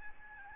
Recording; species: mosquito wingbeat signal from an infrared sensor; Aedes albopictus